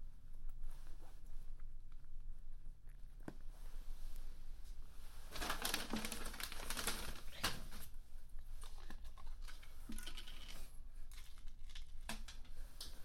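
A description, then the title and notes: A quick hotel breakfast: scattered clinks and scraping clatter of cutlery and dishes, busiest around six to eight seconds, over a low steady hum. A binaural recording of eating a quick breakfast at the hotel.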